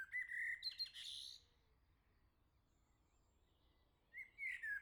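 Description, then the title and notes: Common blackbird singing two phrases, each a clear fluted whistle sliding upward that breaks into a thin squeaky twitter, separated by a long quiet pause. "Le Merle salue l'été, 3 Gd Rue de Chassagne, 17220 La Jarrie, France. Quel Sol!!!! pour saluer l'arrivée de l'été ce matin! Merci Jolie Merle de tes vocalises à proximité!"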